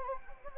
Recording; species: mosquito wingbeat signal from an infrared sensor; Anopheles gambiae